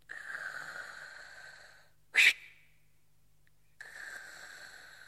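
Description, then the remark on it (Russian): Heavy, wheezing breaths from a patient breathing on a doctor's command during an examination: one long raspy exhale followed by a short sharp burst, a pause, then another strained breath. No talking. “Вы ведь прекрасно знаете, что от вас требуется. Дышите.”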